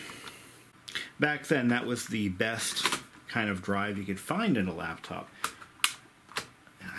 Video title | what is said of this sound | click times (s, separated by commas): Revisiting the HP Compaq NC-8230 - The BEST laptop ever made? | love that solid click this is a nice one | 5.8 s